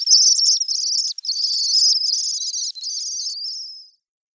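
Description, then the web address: Common swift nestlings giving a high, buzzy, continuous twittering chatter for about four seconds, with brief breaks near one and three seconds, then stopping; no other sounds. "Schulze Peter Common Swift nestlings"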